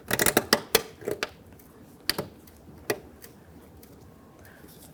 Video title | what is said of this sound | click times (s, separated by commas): How to Replace Front Door Handle Latch Cables 2006-2012 Ford Fusion | listen for your clicks make sure it's completely secure | 0.5 s, 0.8 s, 2.1 s